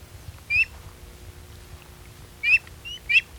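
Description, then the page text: Andean avocet giving three sharp, high, clipped notes, one alone and then two close together, over quiet low background noise. Argentina. "Fotos de aves de Argentina"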